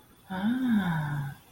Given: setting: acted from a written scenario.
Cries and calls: vocal sound without words; interest

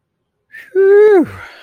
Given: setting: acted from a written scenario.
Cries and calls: vocal sound without words; awe

